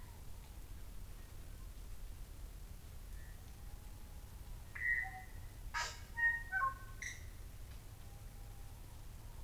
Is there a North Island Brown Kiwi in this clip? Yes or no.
no